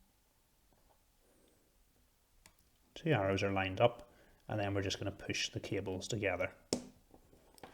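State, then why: Seated. A power supply extension cable connector is lined up with its mating connector by the arrows on their 5 V pins and pushed together while someone talks. A sharp click at 6.7 s marks the connectors seating, followed by a few faint ticks.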